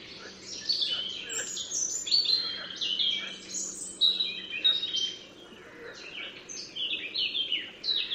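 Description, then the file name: European robin singing a rapid, varied run of high, thin, tinkling phrases, sliding notes and short trills that continue through the whole stretch, with faint background hiss. "Erithacus rubecula"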